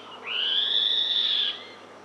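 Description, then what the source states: Northern scrub robin song: one long, high, pure whistle. It rises briefly at the start, then holds steady for over a second before stopping. Recorded in Papua New Guinea.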